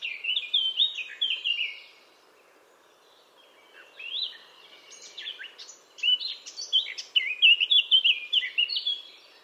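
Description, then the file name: Eurasian blackcap song with bursts of rich whistled warbling; a loud phrase, a short pause, then chattering notes building into clear fluted whistles. "Sylvia atricapilla"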